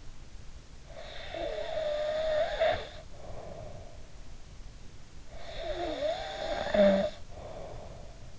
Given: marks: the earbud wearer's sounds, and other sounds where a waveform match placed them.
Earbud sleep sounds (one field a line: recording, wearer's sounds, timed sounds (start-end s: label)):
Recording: sounds in sleep by an in-ear microphone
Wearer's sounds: snoring breath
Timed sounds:
0.88-4.05 s: snoring breath
5.31-8.38 s: snoring breath